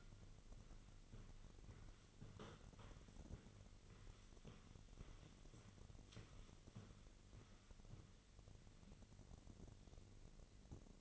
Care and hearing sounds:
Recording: daily activity, microphone in the room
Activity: walk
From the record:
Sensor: 4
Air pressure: 1002.4 hPa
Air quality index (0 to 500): 216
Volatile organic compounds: 12 ppm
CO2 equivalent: 2338 ppm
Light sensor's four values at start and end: 21/72/26/26 and 21/72/26/26

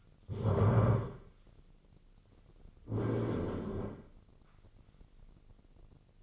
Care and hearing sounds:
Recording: daily activity, microphone in the room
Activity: stand up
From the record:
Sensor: 4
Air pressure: 1010.0 hPa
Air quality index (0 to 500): 186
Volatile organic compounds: 3 ppm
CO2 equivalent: 1334 ppm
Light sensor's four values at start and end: 39/97/40/43 and 40/97/40/43

